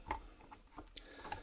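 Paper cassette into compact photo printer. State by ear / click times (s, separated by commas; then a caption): seated / 1.0 s. A plastic paper cassette with paper inside is pushed into the front slot of a compact dye-sublimation photo printer. A few small clicks and knocks are heard, with a sharp click at 1.0 s as the cassette latches and seats in place.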